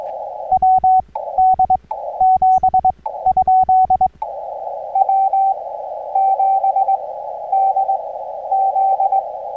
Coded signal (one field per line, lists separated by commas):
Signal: Morse code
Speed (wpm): 19 wpm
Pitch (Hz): 750 Hz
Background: radio noise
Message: WD7? W7DZ